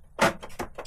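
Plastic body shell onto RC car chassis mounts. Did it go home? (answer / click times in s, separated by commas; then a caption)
yes / 0.6 s, 0.8 s. The orange plastic body shell, with blue, black and grey, of a Traxxas Jato 4x4 VXL RC car is pushed back down onto its chassis mounts. A loud broadband rustle and thump comes at about 0.2 s, then sharp clicks at 0.6 s and 0.8 s. The body is clipped firmly in place.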